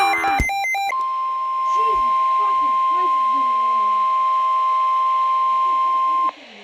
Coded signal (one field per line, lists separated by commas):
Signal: Emergency Alert System (SAME) tones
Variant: 1050 Hz attention tone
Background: speech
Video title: EAS NUMBER 9999998999